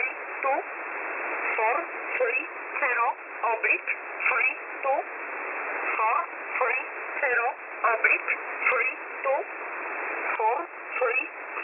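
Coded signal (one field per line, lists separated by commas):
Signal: numbers station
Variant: E11a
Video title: E11a Message 23/12/2022 0820 UTC 5149kHz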